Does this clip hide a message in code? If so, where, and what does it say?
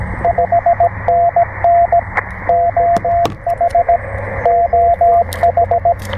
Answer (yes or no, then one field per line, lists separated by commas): yes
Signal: Morse code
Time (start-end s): 0.2-5.9 s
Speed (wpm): 20 wpm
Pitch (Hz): 690 Hz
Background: radio noise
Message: 5NN OH OH